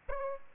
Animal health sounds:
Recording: mosquito wingbeat signal from an infrared sensor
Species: Aedes aegypti

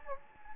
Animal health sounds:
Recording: mosquito wingbeat signal from an infrared sensor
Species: Anopheles gambiae

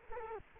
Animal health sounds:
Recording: mosquito wingbeat signal from an infrared sensor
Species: Culex quinquefasciatus

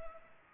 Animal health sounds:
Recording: mosquito wingbeat signal from an infrared sensor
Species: Culex pipiens

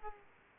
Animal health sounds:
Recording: mosquito wingbeat signal from an infrared sensor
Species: Aedes aegypti

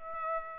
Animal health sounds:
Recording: mosquito wingbeat signal from an infrared sensor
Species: Aedes aegypti

